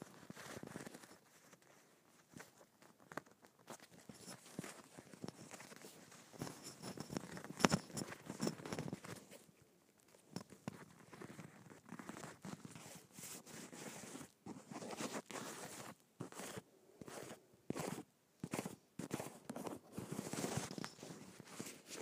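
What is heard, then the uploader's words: Scratching on bumpy leather, a dense, irregular rasping crackle of quick strokes, pausing briefly near ten and sixteen seconds. ASMR Scratching Bumpy Leather.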